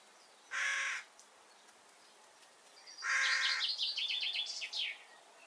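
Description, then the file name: Carrion crow, one rough caw, followed by a rapid series of high twittering notes from another bird overlapping a second caw. "Corvus corone"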